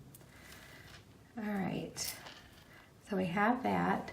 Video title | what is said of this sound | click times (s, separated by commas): Holiday Celebrations Set Jewelry Tutorial | you want to feel it close all the way that little click feeling there we go | 0.1 s